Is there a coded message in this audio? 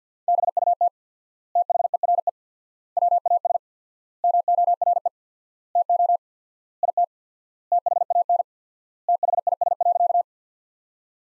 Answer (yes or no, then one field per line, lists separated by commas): yes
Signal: Morse code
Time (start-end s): 0.3-10.2 s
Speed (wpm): 50 wpm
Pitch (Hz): 700 Hz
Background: none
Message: BUT THERE WAS MORE TO IT THAN THIS.